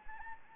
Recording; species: mosquito wingbeat signal from an infrared sensor; Anopheles arabiensis